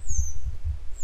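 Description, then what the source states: Grey wagtail giving a long, high, thin descending call, with a second starting at the end, over soft low thumps. A pair of grey wagtails still searching for their young; follow-up report.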